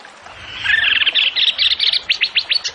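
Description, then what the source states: Bird song: a buzzy, twittering warble that turns into five sharp, quickly repeated high notes. Songbird singing actively (gacor) in 'tembakan' style, for training songbirds (masteran).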